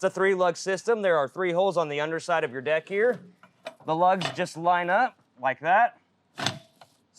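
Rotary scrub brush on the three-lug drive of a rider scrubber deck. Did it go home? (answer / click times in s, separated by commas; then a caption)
yes / 6.5 s, 6.8 s. A new rotary scrub brush for the floorcare.biz x26R rider scrubber has its three lugs lined up with the three holes on the underside of the deck, then is spun until it locks onto the lug mount while someone talks. Sharp clicks at 6.5 s and 6.8 s mark the brush seating and locking into place.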